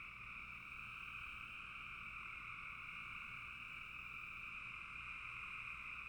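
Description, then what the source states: Dense frog chorus of high trills merging into a steady two-toned drone. Frogs calling in a bog.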